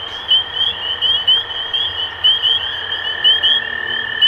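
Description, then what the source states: Spring peepers give high rising peeps in a continuous chorus over a steady lower tone. Recorded 23 March 2012.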